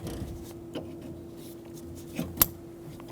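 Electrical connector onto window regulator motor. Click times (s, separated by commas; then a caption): 2.4 s. An electrical connector is pushed onto the window motor of a front power window regulator on a 2000-2007 Ford Focus. Over a steady low hum and faint handling noises, a sharp click sounds at 2.4 s as the connector seats.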